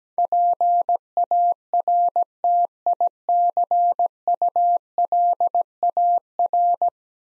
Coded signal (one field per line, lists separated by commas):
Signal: Morse code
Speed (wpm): 17 wpm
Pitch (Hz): 700 Hz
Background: none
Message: PARTICULAR